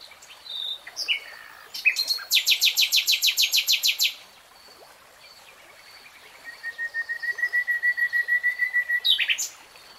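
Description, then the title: Nightingale song: a fast trill of repeated notes, a pause, then a steady string of pulsed whistles, with scattered chirps between phrases. Nightingale singing, from a three-hour real-time recording. "[Tiếng chim hót] REALTIME Nightingale Singing"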